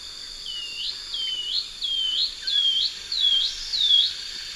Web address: Natures Songs S America Eastern Lowlands. Myrmotherula longipennis zimmeri, song